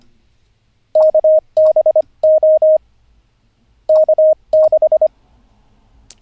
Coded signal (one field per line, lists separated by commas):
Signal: Morse code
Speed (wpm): 25 wpm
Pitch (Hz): 620 Hz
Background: none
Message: KBO K6